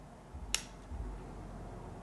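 A part of a folding knife being reassembled with new aluminum scales and back spacers for AD20 and AD20S models is pressed home into the knife frame and scale assembly. Against a low, quiet background, a single sharp snap rings out at 0.6 s, and the part is seated.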